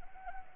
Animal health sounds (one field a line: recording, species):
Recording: mosquito wingbeat signal from an infrared sensor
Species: Anopheles arabiensis